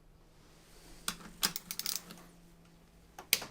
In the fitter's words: there are three clicks